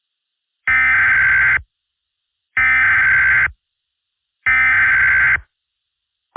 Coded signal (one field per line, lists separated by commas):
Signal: Emergency Alert System (SAME) tones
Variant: header bursts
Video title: EAS Scenario: The Living Roadkill (Halloween Special)